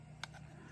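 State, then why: Seated. A diamond-painting stamper tool is set into its holder in the kit's plastic storage case with the lid off. A short, sharp click at 0.2 s over a low steady hum shows it locking into place.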